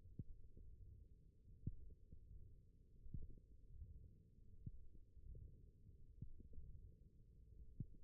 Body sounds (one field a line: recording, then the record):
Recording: forearm muscle sounds (acoustic myography)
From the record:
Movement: wrist flexion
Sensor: system 1, eight BSWA MPA416 microphones around the upper forearm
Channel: 5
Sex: male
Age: 23 years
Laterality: right